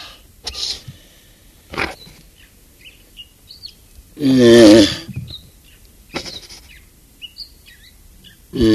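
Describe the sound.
Galapagos tortoise gives one hoarse, wavering groan midway and starts another at the end, while scattered small bird chirps sound in the background.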